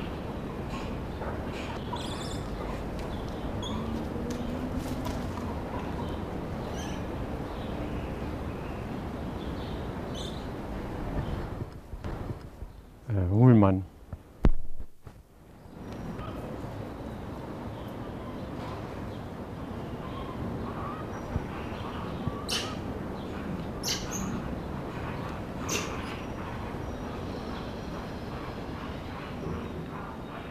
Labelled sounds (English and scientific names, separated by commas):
Black-and-white Ruffed Lemur (Varecia variegata)